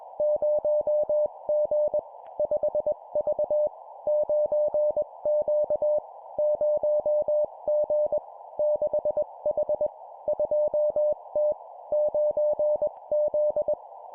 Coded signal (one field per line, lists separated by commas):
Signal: Morse code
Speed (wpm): 21 wpm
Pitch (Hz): 600 Hz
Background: none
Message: 0G 5V 9Q 0G 6H 2T 9Z